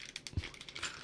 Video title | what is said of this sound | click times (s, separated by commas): PFG.Live 2024-0609: DAMTEE and DAMKEEZ: A Study In P1 | Again, very satisfying snap, and very rugged. | 0.2 s, 0.3 s